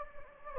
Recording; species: mosquito wingbeat signal from an infrared sensor; Anopheles gambiae